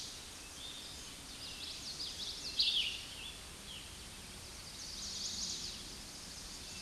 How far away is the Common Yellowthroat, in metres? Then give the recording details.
about 40 m. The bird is about 5 m above the microphone. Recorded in a Pennsylvania forest on 16 May 2024 at 06:49. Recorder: AudioMoth, point MSD-0521. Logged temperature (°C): 15.8 °C. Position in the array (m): 85 m, 83 m